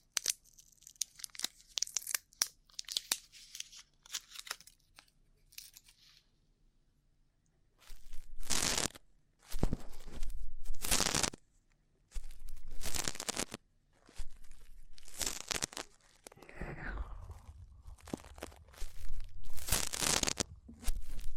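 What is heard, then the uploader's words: Rough ear cleaning: for the first seven seconds, light scratchy clicks and crackles come and go. After that, loud rasping scrapes arrive in bursts of about a second, roughly every two seconds. Between them are short gaps and a low rumble. ASMR Rough Ear Cleaning (No Talking).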